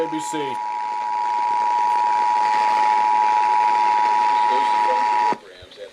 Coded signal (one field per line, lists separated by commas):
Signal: Emergency Alert System (SAME) tones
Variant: 853 and 960 Hz attention tone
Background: speech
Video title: North Carolina July Tests - EAS Alerts from 7/9/18 (EAS #1,406 - 1,409) -